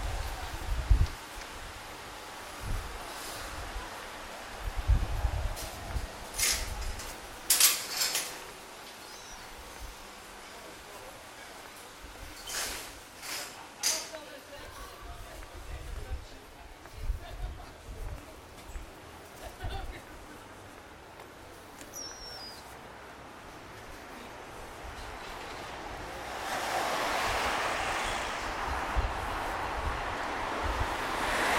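A soundwalk through Margate: scattered knocks, clatters and footstep-like bumps come and go over a low, uneven rumble, with a few brief sharp clicks. Around twenty-six seconds a steady rushing hiss swells up and holds to the end, like surf or passing traffic.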